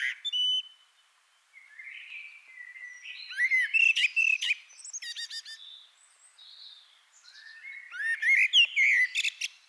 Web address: SETE data Turdus merula